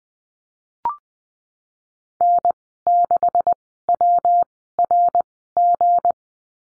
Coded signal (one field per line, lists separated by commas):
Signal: Morse code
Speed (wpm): 20 wpm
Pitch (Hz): 700 Hz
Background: none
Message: N 6 W R G